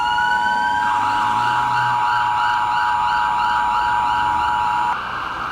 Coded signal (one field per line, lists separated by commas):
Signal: Emergency Alert System (SAME) tones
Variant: 853 and 960 Hz attention tone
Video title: [EAS SCENARIO] - Desolation